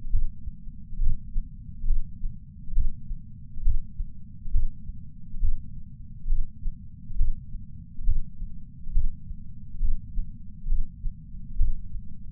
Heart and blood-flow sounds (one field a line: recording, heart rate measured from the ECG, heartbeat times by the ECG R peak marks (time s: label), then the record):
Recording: heart sounds by patch sensor on the chest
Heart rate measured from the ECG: 68 bpm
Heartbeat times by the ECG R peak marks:
0.12 s: heartbeat
1.00 s: heartbeat
1.86 s: heartbeat
2.74 s: heartbeat
3.63 s: heartbeat
4.52 s: heartbeat
5.41 s: heartbeat
6.28 s: heartbeat
7.18 s: heartbeat
8.05 s: heartbeat
8.93 s: heartbeat
9.81 s: heartbeat
10.67 s: heartbeat
11.57 s: heartbeat
From the record:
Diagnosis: coronary artery disease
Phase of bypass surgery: preoperative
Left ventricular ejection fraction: 58.9%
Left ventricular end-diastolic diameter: 51 mm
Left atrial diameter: 51 mm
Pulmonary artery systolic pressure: 40 mmHg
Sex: male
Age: 73 years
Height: 170 cm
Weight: 85 kg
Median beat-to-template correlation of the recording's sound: 0.81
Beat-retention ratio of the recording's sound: 0.95